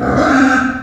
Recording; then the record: squeal of a Yucatan mini pig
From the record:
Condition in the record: after surgery on the right vocal fold (resection and tissue-engineered implant); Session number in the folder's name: 7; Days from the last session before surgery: 47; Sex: female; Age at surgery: 19 weeks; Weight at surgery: 25 kg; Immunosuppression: prednisolone